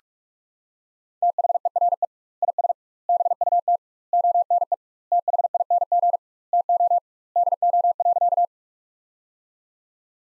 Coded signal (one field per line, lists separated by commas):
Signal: Morse code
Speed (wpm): 46 wpm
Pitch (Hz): 700 Hz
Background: none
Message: THERE IS BUT ONE THING TO DO.